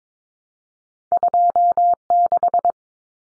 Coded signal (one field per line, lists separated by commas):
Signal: Morse code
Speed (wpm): 22 wpm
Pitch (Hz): 700 Hz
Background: none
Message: 26